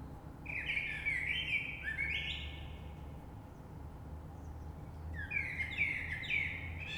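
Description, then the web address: Common blackbird song: two mellow fluted warbled phrases separated by a pause, over a low steady background rumble. Recorded 3 March 2020. "oiseaux Rush Merle 3-3-2020"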